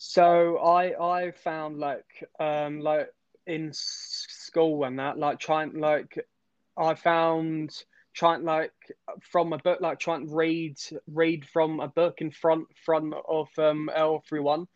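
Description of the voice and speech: Adult man who has stammered for about 23 years, since age eight, and has had speech therapy, speaks haltingly. He repeats whole words and parts of words, draws out sounds and pauses at length, typical of stuttering.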